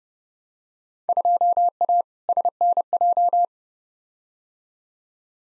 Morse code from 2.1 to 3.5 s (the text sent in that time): SNJ